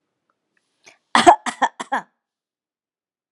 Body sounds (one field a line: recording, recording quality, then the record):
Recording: shallow voluntary cough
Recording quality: excellent, no background noise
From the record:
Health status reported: healthy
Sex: female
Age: 45 years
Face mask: not worn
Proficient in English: yes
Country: India